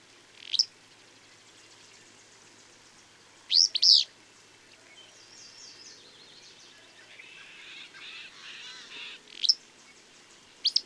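Bird song: a loud high double-chirped phrase between single sharp notes, with softer twittering in between.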